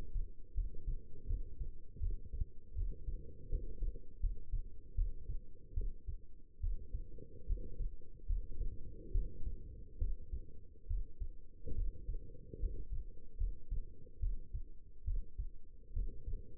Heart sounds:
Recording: heart sounds by stethoscope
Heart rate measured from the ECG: 74 bpm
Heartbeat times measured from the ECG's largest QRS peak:
0.54 s: heartbeat
1.26 s: heartbeat
1.99 s: heartbeat
2.74 s: heartbeat
3.49 s: heartbeat
4.20 s: heartbeat
4.95 s: heartbeat
5.73 s: heartbeat
6.60 s: heartbeat
7.46 s: heartbeat
8.26 s: heartbeat
9.11 s: heartbeat
9.98 s: heartbeat
10.87 s: heartbeat
11.74 s: heartbeat
12.59 s: heartbeat
13.37 s: heartbeat
14.19 s: heartbeat
15.04 s: heartbeat
15.93 s: heartbeat
From the record:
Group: healthy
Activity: rest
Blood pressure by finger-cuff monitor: 159/115 mmHg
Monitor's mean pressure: 126 mmHg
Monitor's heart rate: 78 bpm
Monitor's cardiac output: 5.9 L/min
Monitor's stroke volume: 75 mL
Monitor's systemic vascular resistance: 1610 dyn s/cm5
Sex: female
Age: 22 years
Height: 171 cm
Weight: 65.6 kg

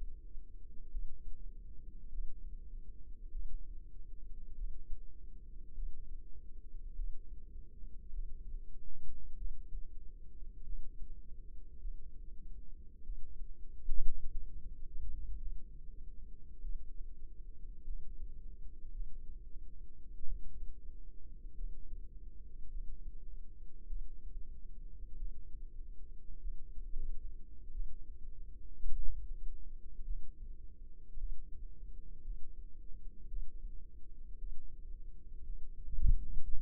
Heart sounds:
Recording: heart sounds by microphone in the left ear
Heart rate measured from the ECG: 51 bpm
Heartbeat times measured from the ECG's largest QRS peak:
0.90 s: heartbeat
2.09 s: heartbeat
3.31 s: heartbeat
4.55 s: heartbeat
5.74 s: heartbeat
6.95 s: heartbeat
8.10 s: heartbeat
9.36 s: heartbeat
10.64 s: heartbeat
11.79 s: heartbeat
13.03 s: heartbeat
14.28 s: heartbeat
15.37 s: heartbeat
16.61 s: heartbeat
17.84 s: heartbeat
18.91 s: heartbeat
20.24 s: heartbeat
21.55 s: heartbeat
22.69 s: heartbeat
23.86 s: heartbeat
25.16 s: heartbeat
26.39 s: heartbeat
27.71 s: heartbeat
28.93 s: heartbeat
30.04 s: heartbeat
31.17 s: heartbeat
32.22 s: heartbeat
33.28 s: heartbeat
34.38 s: heartbeat
35.43 s: heartbeat
36.43 s: heartbeat
From the record:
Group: healthy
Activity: rest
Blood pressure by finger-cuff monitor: 106/64 mmHg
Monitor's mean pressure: 78 mmHg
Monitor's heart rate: 49 bpm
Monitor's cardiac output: 4.7 L/min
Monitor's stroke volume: 95 mL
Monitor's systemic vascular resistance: 1200 dyn s/cm5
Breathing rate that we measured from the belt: 18 breaths a minute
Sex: female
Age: 28 years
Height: 170 cm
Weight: 77 kg

